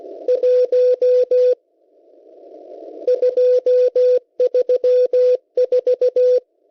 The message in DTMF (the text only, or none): none